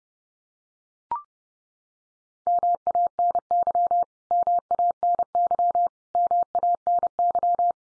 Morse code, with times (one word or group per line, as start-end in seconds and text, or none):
2.5-4.0 MANY
4.3-5.9 MANY
6.1-7.7 MANY